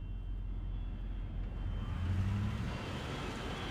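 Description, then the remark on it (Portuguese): A private jet's engine idles after landing with a steady, droning roar, a thin high whine running through it and a low hum that swells slightly midway. No one speaks. “Estão bancando jatos particulares agora?”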